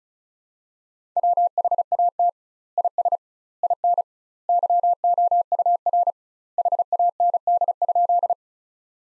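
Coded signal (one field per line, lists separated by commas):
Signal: Morse code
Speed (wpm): 34 wpm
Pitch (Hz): 700 Hz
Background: none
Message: WHAT IS IN YOUR HAND?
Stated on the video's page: Morse practice sentences built from the 200 most common words, sent at 35 wpm with double word spacing, a word-level analogue of Farnsworth spacing.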